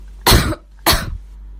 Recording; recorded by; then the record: voluntary cough; messaging app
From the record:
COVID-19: negative